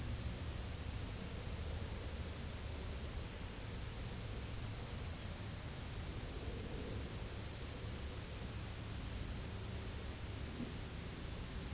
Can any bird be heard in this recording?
no